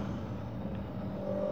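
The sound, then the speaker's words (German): A car engine hums steadily with a low, rumbling drone while driving, the pitch holding even and a faint tonal whine rising slightly near the end. No one speaks. “Wenn ich fahre, spüre ich, dass ich lebe.”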